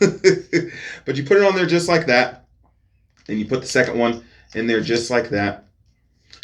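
A man talks while loading two arrows into an AEA Defender arrow air pistol. Then its break action closes into the locked position with a quick double click at 6.3 and 6.4 seconds. The double click means the pistol is fully closed and ready.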